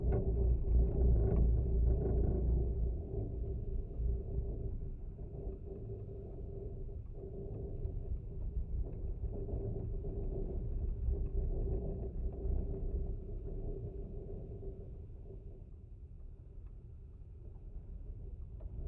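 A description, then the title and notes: Wind sets the twisted wire of a fence humming, a steady low drone with a faint singing tone held through the middle. A deep, dense rumble sits underneath, strongest in the first few seconds, then the sound gradually eases and grows quieter toward the end. Windfence. It was a cloudy windy day when I visited the beach at the base of the grassland dunes in Warren Dunes State Park. In this second recording both contact microphones were attached to the twisted metal wire which held up the wooden pieces of this fence. I love the low vibrations in this recording.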